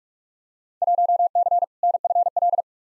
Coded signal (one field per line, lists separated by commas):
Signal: Morse code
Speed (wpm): 43 wpm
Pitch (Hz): 700 Hz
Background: none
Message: 1C NFL